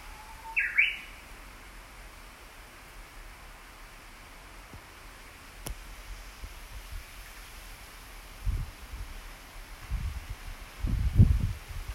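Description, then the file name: Japanese bush warbler gives one short song at the start, a brief low whistle then a sharp upward flourish, followed by quiet and some low thumps. Recorded 14 June 2019. "uguisu 190614"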